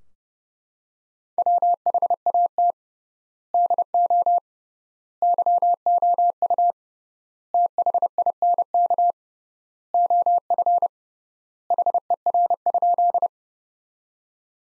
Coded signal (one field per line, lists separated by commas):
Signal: Morse code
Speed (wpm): 30 wpm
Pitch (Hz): 700 Hz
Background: none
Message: WHAT DO YOU THINK OF HER?